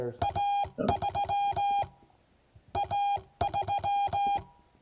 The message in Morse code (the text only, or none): A3 A3